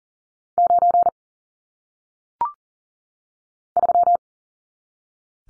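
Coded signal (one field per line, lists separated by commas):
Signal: Morse code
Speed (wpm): 40 wpm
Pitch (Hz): 700 Hz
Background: none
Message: 9 3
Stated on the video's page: Morse code single-digit numbers sent at 40 wpm for head-copy practice, each number sent, spoken, then sent again.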